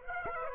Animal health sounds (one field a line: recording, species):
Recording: mosquito wingbeat signal from an infrared sensor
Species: Aedes aegypti